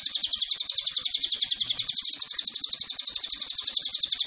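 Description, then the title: Cililin call: a continuous rapid string of shrill, high-pitched chirps delivered at an even pace. Used as a lure and tutor (pancingan, masteran) to attract the bird. "MASTERAN SUARA BURUNG CILILIN BISA JUGA PANCINGAN CILILIN"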